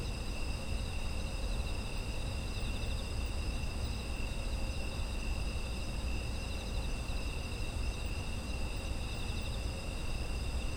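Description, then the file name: Steady insect trilling from several callers at different pitches, unbroken throughout, with a low continuous rumble. Autumn insects; ambient environmental sound offered as background audio. "秋の虫の環境音"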